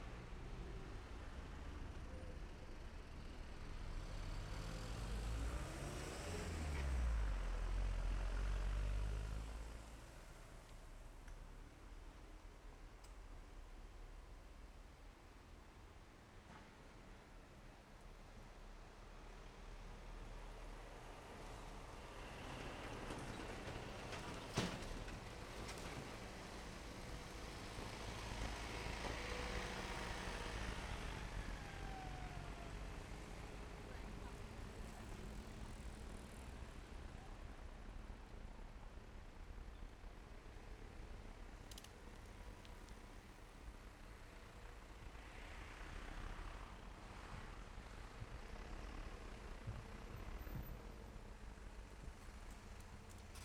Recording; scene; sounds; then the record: everyday scene through a hearing-aid microphone; in traffic; traffic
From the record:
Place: main road on the outskirts, rush hour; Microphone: behind the ear, left, front